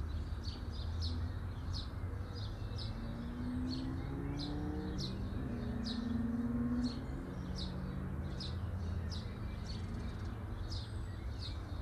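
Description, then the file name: Birds chirping rapidly, bright high notes packed close together throughout, over low rumbling noise. Birds chirping at midday. "Birds chirping on midday"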